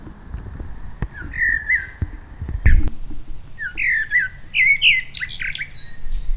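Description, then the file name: Common blackbird song: a mellow whistled phrase, then several richer warbles with thin, scratchy high flourishes, broken by sharp clicks and knocks and low background rumble. "Turdus merula"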